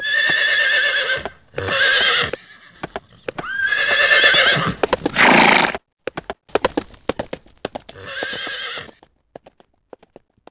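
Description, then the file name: Horse whinnying several times: long, shaky, harmonic-rich neighs, a breathy snort, and scattered sharp clicks and knocks between the calls. "cavall"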